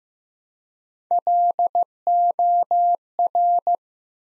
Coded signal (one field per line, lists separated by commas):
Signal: Morse code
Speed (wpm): 15 wpm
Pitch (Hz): 700 Hz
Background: none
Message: LOR